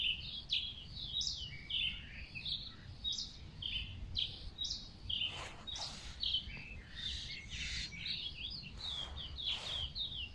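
Bird giving a busy stream of high, quick chirps and twitters, with low background noise.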